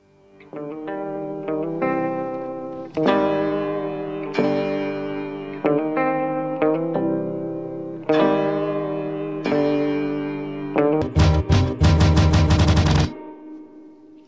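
A loud rock song plays on a radio show, with distorted guitar chords changing in a steady rhythm, then breaks into a rapid stuttering burst before cutting off abruptly. No one talks over it.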